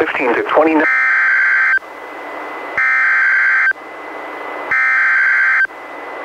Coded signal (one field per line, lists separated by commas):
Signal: Emergency Alert System (SAME) tones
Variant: header bursts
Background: speech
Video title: EAS #566-576: NWR and EAS 2 SVRs and 7 SMWs- Oct. 24, 2021